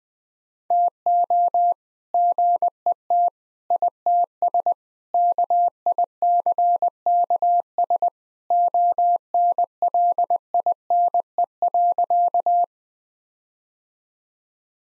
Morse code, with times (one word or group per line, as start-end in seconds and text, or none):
0.7-1.7 TO
2.1-3.3 GET
3.7-4.7 ITS
5.1-8.1 KICKS
8.5-12.6 ONLINE.